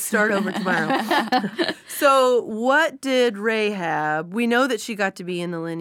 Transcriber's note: laughter